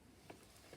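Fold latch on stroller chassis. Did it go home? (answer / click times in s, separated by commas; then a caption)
yes / 0.3 s. The fold latch on a Nuna Mixx stroller chassis clicks once at 0.3 s, a short sharp snap above a low, steady background. The latch seats, meaning the chassis is fully folded.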